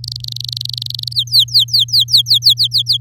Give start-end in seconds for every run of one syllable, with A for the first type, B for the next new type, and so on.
0.04-1.13 A, 1.14-2.97 B